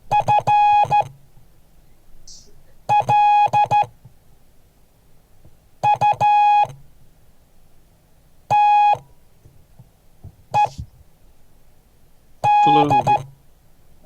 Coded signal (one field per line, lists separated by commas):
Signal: Morse code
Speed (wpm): 13 wpm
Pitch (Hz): 830 Hz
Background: none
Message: FLUTED